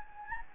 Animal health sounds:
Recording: mosquito wingbeat signal from an infrared sensor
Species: Anopheles gambiae

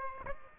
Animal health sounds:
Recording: mosquito wingbeat signal from an infrared sensor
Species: Aedes aegypti

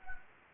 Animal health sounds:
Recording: mosquito wingbeat signal from an infrared sensor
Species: Anopheles gambiae

